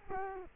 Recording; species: mosquito wingbeat signal from an infrared sensor; Culex quinquefasciatus